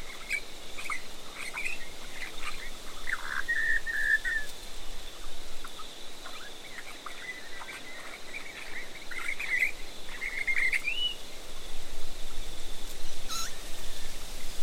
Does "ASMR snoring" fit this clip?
no